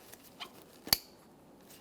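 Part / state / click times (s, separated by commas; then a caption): electrical connector into the headlamp assembly / seated / 0.9 s. A headlamp wiring connector on the back of a 2014-2018 Mazda 3 front headlamp assembly is pressed into place. A single sharp, loud plastic click at 0.9 s stands out against a faint, quiet background, with a small tick near 0.1 s. A light tug afterward confirms the connector is seated and secured.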